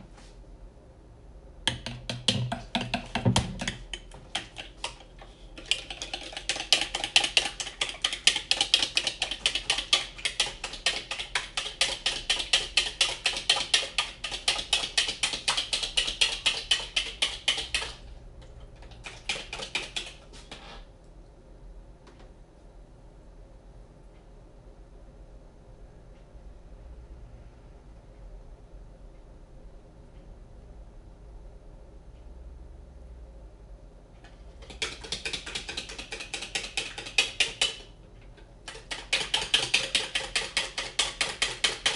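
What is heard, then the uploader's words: Banana bread being made, with long bursts of rapid, bright clicking and scraping, like a whisk or fork working hard against a bowl, from about 2 to 18 seconds and again from 34 seconds on. Between them, a quieter stretch holds only a low, steady hum. Making Banana Bread. I made a loaf of banana bread.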